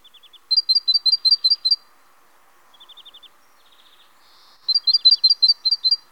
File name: Mesange charbonniere